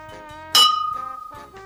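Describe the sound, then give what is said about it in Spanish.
Golden cups clink together in a toast to the victory of King Ahasverosh of Persia: a single bright, sharp clink that rings and shimmers as it fades, heard over a soft, steady tonal background. “Por eso, con estas copas de oro, propongo un brindis por la victoria del rey Ahasverosh.”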